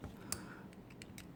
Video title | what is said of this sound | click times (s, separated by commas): Knife Enhacement Surgery -- Customizing the ZT 0808ML with MXG Hardware! | Lock into place the right way. | 0.3 s